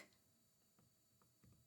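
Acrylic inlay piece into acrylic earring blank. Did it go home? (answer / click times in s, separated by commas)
no / none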